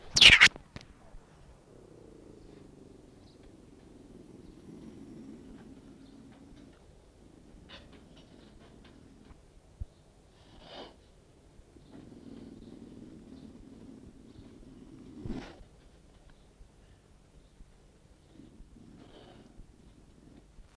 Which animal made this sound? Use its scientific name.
Procyon cancrivorus